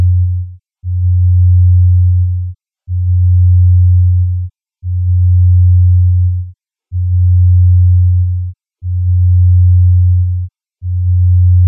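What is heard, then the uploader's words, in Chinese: A delta brainwave tone plays as a deep, low hum that pulses on and off in regular bursts of about one and a half seconds, with brief silences between them. The tone stays steady and pure within each burst, with nothing else in the background. 德尔塔脑波0.5Hz丨δ频率。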